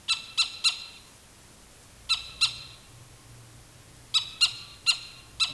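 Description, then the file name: Animal alarm calls: sharp, harsh notes in short bursts separated by pauses. "SLA alarm"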